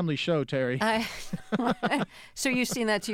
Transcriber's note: laughter